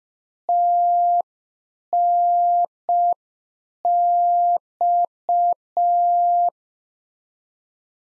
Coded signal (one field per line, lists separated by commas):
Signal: Morse code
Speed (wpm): 5 wpm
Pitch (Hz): 700 Hz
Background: none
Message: TNX